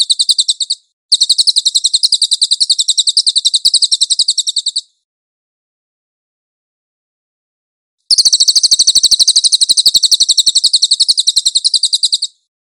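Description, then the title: Cililin: a brief trill, a tiny pause, a longer rapid chattering trill, then about three seconds of quiet before another fast high trill of roughly four seconds. Cililin song, used for training cage birds. "SUARA BURUNG CILILIN"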